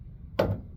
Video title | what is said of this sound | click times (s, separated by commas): How to Replace Front Ball Joints 2001 Dodge RAM 1500 | I heard it pop, | 0.4 s